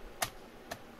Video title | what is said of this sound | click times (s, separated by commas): How to open HP Pavilion 15-ab032TX Laptop to clean the fan and upgrade the ram | yeah just slide it in from the top and press press it down | 0.2 s, 0.7 s